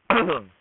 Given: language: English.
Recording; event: throat vibration sensor signal played as sound; throat clearing